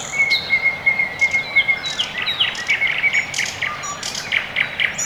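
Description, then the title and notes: Birds singing: a steady high trill runs through the first two seconds, with scattered sharp chirps and short whistled notes from several birds overlapping above a faint hiss. Quiet early morning in Orekhovo-Borisovo Severnoye district, Moscow, Russia; recorded with Sony ECM-MS2 microphone into Marantz PMD-661; processed with EQ and gain. "район Орехово-Борисово Северное, Москва, Россия - Morning birds. Quiet early morning"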